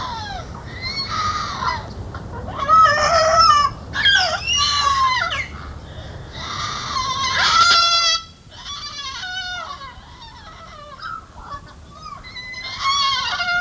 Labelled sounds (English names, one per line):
Salmon-crested Cockatoo call